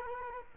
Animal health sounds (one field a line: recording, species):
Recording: mosquito wingbeat signal from an infrared sensor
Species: Culex quinquefasciatus